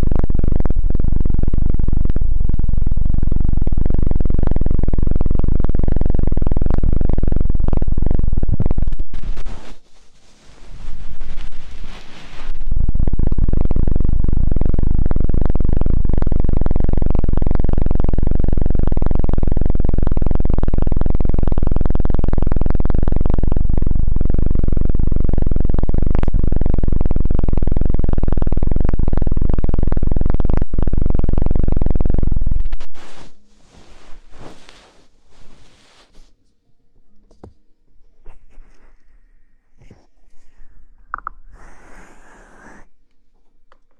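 Ear cleaning, opening with a loud, muffled rumbling rub that fills the first half-minute, broken near ten seconds by a brighter, airy scratching. After about thirty-three seconds it drops to quiet, sparse scratches and small crackles with occasional sharper scrapes.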